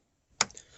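The plastic child safety lock lever on the rear door edge of a Brezza VXI is moved to the locked position and gives one sharp click at 0.4 s, followed by two faint ticks around 0.5 and 0.6 s. The child lock is seated and applied.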